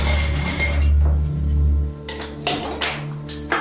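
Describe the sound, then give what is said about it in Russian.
A steady low hum gives way to a glass bottle of Baikal soda being lifted out of a refrigerator, clinking sharply against other glass a few times in quick, uneven knocks. No one speaks. “Мануилов достал из холодильника бутылку Байкала”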